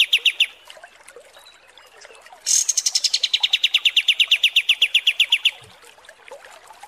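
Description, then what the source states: Kapas tembak song: a short burst of notes, a pause, then a long rapid run of sharp repeated chirps that ends abruptly. Masteran training recording.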